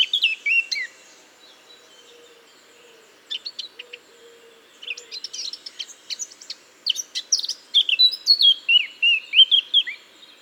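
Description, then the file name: Eurasian blackcap song, a brief loud opening phrase, then quiet scratchy twittering that swells into a loud, fluty warble of rapid varied notes near the end. "Sylvia atricapilla"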